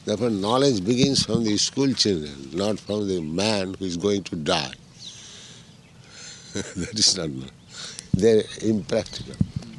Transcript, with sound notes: Therefore knowledge begins from the schoolchildren, not from the man who is going to die. [laughing] That is not... Impractical.